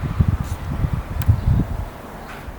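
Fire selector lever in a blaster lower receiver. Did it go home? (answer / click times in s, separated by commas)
yes / 1.2 s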